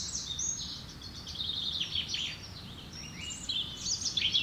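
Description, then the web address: Woodland birds twittering, a steady mix of high chirps and fast downward trills from several singers. "Birds, Insects Animals - Birds woodland"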